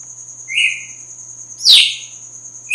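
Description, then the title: Red-cowled cardinal giving a soft level note, then a loud sharp falling note, over a steady whine and low hum. Female; sings strongly at dawn after the moult. "Canto Galo Campina Fêmea. GALO DE CAMPINA AÇOITA FORTE NA MADRUGADA DEPOIS DA MUDA"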